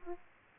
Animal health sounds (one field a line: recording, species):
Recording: mosquito wingbeat signal from an infrared sensor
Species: Aedes aegypti